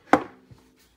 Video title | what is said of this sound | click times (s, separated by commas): Graco Modes Pramette Travel System Review | and so this goes up and down as you need it to and snaps back into place | 0.1 s